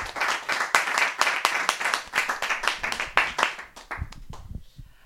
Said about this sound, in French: Et puis, ben, nous pouvons l'applaudir pour tout le travail qu'elle fait.